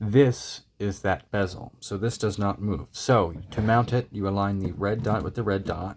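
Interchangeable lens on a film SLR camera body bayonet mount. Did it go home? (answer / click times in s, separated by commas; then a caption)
no / none. Someone talks while handling an interchangeable lens for a 1981 Canon New F-1 film SLR, lining up the red dot on the lens with the red dot on the camera body's bayonet mount. Nothing has seated or clicked yet; the lens has not been turned home.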